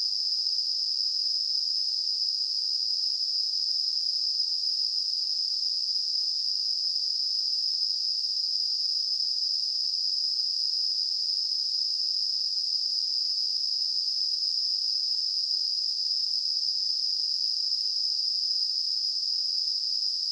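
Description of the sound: Simulated tinnitus: a steady, continuous high-pitched hiss, a narrow band of noise centered near 5 kHz that holds unchanged throughout, with nothing below about 2 kHz.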